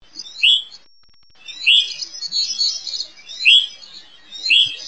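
Hutton's vireo calls: harsh, buzzy high notes, each burst led by a slurred lower tone, given in several bursts.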